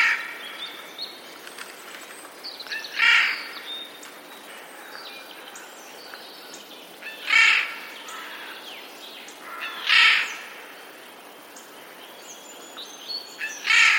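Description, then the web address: Eurasian jay alarm screeches, four harsh rasping bursts spaced a few seconds apart, over a background of faint chirps from other birds. Recorded 11 April 2021; labelled as a warning call. "wroblowe ostrzegator sojka"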